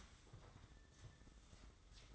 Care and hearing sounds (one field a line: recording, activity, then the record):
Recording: daily activity, microphone in the room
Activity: sweep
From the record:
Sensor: 3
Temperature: 24.5 degrees Celsius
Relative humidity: 30.4%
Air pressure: 995.9 hPa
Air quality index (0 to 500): 94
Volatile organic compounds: 12 ppm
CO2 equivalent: 2355 ppm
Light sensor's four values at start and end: 25/76/32/28 and 27/82/34/30